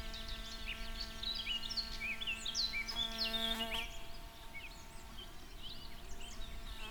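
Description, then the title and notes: Wasp buzzing, a steady droning hum that wavers briefly in pitch, with birds chirping and twittering. Small wasps with birds on a summer afternoon at Kyjov near Krásná Lípa, Děčín district, Ústí nad Labem Region, Czechia. "Kyjov, Kyjov u Krásné Lípy, Krásná Lípa, okres Děčín, Ústí nad Labem Region, Northwest, 407 47, Czechia - Vosičky a ptáci. Vosičky a ptáci v letním odpoledni"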